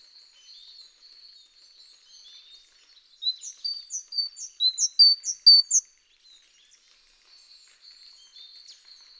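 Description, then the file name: Great tit song: a burst of repeated sharp two-note phrases lasting about three seconds, set against faint, thin high calls before and after. "Parus major"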